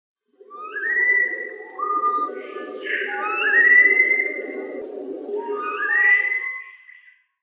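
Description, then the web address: Bird sounding a run of sustained, slightly rising whistled notes, some layered together, with a constant low buzzing hum running underneath throughout. "inkaterra asociacion org. black faced"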